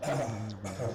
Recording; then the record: coughing mixed with background sound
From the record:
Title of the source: Cough Around the Clock!